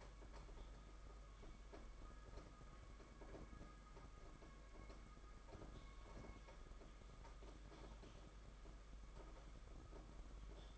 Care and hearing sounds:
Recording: daily activity, microphone in the room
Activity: typing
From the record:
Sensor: 5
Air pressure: 991.9 hPa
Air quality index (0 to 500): 164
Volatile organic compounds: 377 ppm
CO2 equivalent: 4632 ppm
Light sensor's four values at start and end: 31/108/40/42 and 31/107/40/42

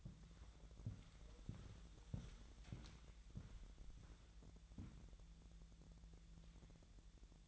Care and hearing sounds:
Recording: daily activity, microphone in the room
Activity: walk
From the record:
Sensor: 3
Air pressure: 1002.0 hPa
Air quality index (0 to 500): 242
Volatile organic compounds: 112 ppm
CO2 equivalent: 3831 ppm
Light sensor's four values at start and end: 8/20/8/8 and 8/20/8/9

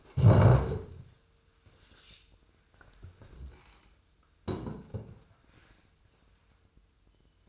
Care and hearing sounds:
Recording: daily activity, microphone in the room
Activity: stand up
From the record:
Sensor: 2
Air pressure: 1004.9 hPa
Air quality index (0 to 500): 100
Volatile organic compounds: 2 ppm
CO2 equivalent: 1208 ppm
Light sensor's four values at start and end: 8/18/7/7 and 6/14/6/6

